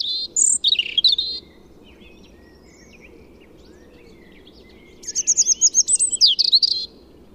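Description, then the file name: European robin song: a short sparkling phrase, a quiet gap with faint background twitters, then a longer run of rapid, high, trilling notes. "Erithacus rubecula"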